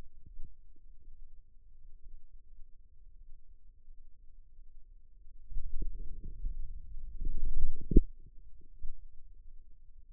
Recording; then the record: forearm muscle sounds (acoustic myography)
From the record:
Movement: wrist flexion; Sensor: system 2, bracelet of six BSWA MPA416 microphones around the upper forearm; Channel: 1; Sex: male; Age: 22 years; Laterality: right